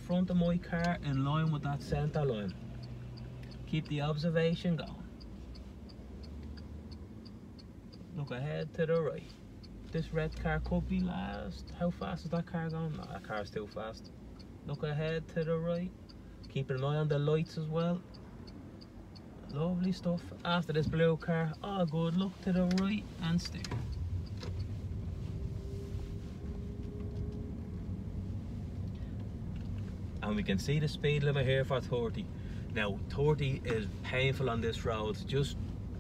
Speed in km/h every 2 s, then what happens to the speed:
4, 0, 0, 0, 0, 0, 0, 0, 0, 0, 0, 0, 6, 18, 27, 28, 29, 28.
1-23 standing. 23-27 pulls away to 27. 27-36 steady at about 28.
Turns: none.